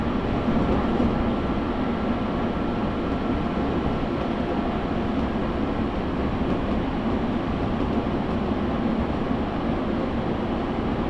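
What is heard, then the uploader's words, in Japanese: A train on the Tokaido Main Line between Hamamatsu and Toyohashi rumbles steadily with a dense low roar and a faint constant tone throughout. 東海道本線 浜松→豊橋。6:20発の豊橋行きに乗車して。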